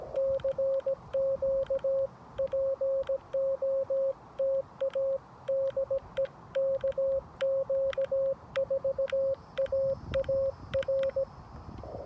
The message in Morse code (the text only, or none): CQ POTA DE KQ4AAR